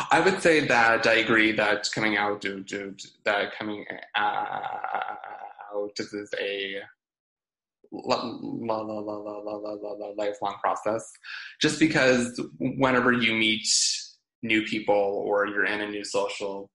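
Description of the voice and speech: Adult male speech with phrase repetitions, a long prolonged 'l' and silent blocks, typical of stuttering.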